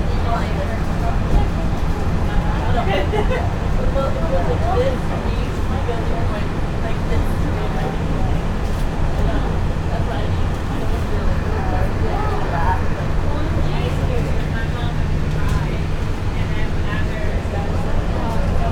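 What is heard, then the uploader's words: A monorail ride, heard from inside the car: a steady low rumble and hum from the train runs unbroken for the whole stretch. Over it, a busy murmur of passengers' voices rises and falls, with some brighter chatter scattered throughout. Monorail ride at Disney World. Scenes from the monorail starting at the Magic Kingdom, going to Bay Lake Tower, and ending in the loop inside Epcot.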